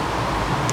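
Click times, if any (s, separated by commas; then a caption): 0.7 s. An upper expansion tank hose quick connector on a BMW 335i/535i N54 is pushed onto the tank over a steady background of vehicle and traffic-like noise. A sharp click at 0.7 s confirms the connector has snapped on and seated.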